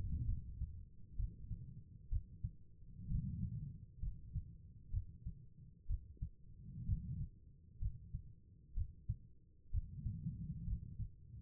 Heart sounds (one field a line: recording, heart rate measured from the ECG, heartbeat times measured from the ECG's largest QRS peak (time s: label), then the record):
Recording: heart sounds by stethoscope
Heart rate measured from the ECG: 64 bpm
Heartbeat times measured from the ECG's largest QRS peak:
0.26 s: heartbeat
1.16 s: heartbeat
2.09 s: heartbeat
3.08 s: heartbeat
4.00 s: heartbeat
4.91 s: heartbeat
5.87 s: heartbeat
6.85 s: heartbeat
7.79 s: heartbeat
8.74 s: heartbeat
9.71 s: heartbeat
10.64 s: heartbeat
From the record:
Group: healthy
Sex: female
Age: 36 years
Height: 163 cm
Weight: 88 kg